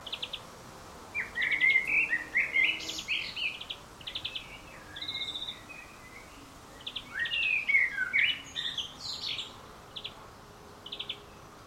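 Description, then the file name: Common blackbird singing two rich fluted phrases several seconds apart, each of rolling low warbles followed by thin, high squeaky twitters. "Turdus merula"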